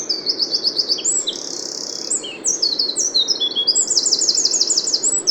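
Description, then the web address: Eurasian wren song, loud and high, made of rapidly repeated notes in quick trills, with a short buzzy section and a fast rattling flourish near the end. "SETE Troglodytes troglodytes"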